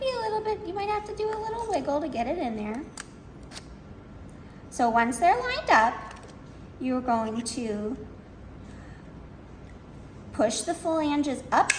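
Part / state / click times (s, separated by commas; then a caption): manipulator flanges on the device shaft / not seated / none. Someone talks while lining up the arrows and parts of a Rumi 2 manipulator on the device shaft, with faint handling sounds in the quiet gaps between speech. The flanges have not yet been pushed up, and nothing has clicked or seated in this stretch.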